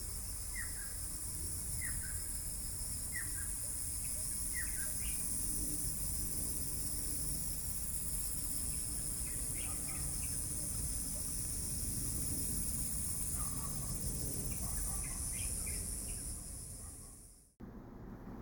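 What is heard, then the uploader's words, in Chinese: Outdoor ambience near a creek valley: a steady, bright insect drone runs high above a low, continuous rumble of water or distant traffic. Short bird chirps come every few seconds, and the sound cuts off abruptly near the end. 本集聲音來自 台灣聲音地圖 , 汐止八連溪谷附近。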